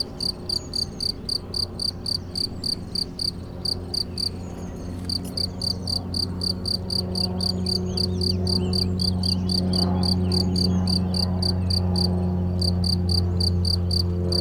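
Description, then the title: Cricket giving rapid high chirps in regular series, pausing briefly a few times, over a low rumble. Single cricket in Chindrieux, France; among the first crickets of the season, calling intermittently for several days. "Chindrieux, France - grillon seul"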